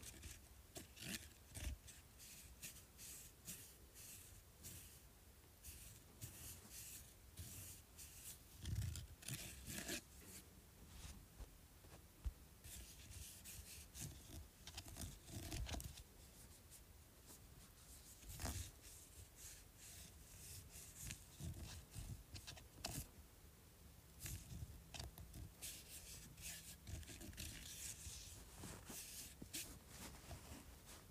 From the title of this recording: Scratching Bumpy Surface